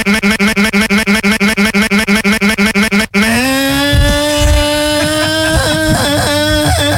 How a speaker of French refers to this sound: Petit tour en moto, on démarre.